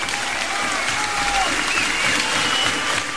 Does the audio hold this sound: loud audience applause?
yes